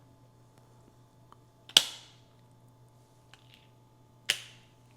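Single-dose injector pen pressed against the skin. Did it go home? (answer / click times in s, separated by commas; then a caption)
yes / 1.8 s, 4.3 s. A single-dose injector pen is unlocked, pressed against the skin, and fires its dose. It gives two sharp clicks, at 1.8 s when the medication starts going in and at 4.3 s when the dose is done, with faint handling ticks around them. No one talks during the clip.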